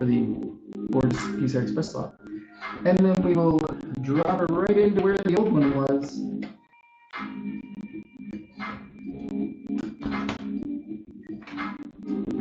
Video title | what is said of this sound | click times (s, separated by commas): SCORE Tech Tips! Today I upgrade the editing PC, watch me fail miserably to get my new CPU working | satisfying click | 10.3 s